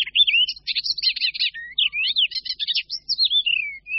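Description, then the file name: Icterine warbler song mixing gliding whistles with scratchy chattering bursts, delivered quickly with barely any pause. "Sedmihlásek hajní"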